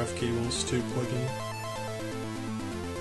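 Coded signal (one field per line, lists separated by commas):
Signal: none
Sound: video game music beeps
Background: speech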